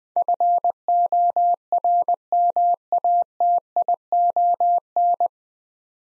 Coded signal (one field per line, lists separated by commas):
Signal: Morse code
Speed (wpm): 20 wpm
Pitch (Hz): 700 Hz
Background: none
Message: FORMATION